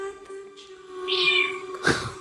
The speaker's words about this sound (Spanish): Y el gato.